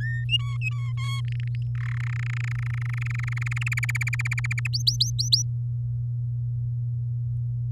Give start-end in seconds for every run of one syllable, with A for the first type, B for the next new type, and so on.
0.00-0.24 A, 0.29-0.93 B, 0.97-1.21 C, 1.25-1.56 D, 1.75-1.98 E, 2.00-3.69 F, 3.72-4.67 G, 4.73-5.42 H